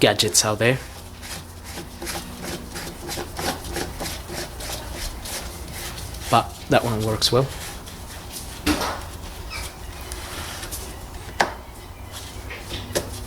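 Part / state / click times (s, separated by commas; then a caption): cap or cover closing on an oil-service tool or engine fitting / seated / 11.4 s. During an oil and filter service on a 2007 VW Golf Plus 1.6 FSI, a cap or cover on an oil-service tool or engine fitting is pushed shut while someone talks over soft rubbing and handling noises. A sharp click at 11.4 s marks the cover clicking closed and seated.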